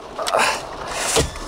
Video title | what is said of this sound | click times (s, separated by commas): Desmontar la radio de un Dacia | Escuchamos el primer clic de abajo. | 0.3 s